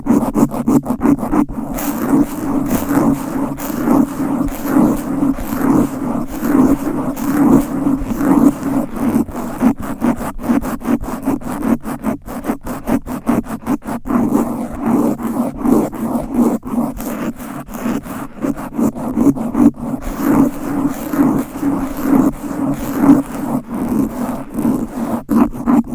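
Fast, aggressive scratching rubs against the microphone. The rough scraping runs nonstop, with a dense rumbling low body and quick, irregular bursts of crackle. It stays at a similar loudness throughout, with only brief dips around the middle.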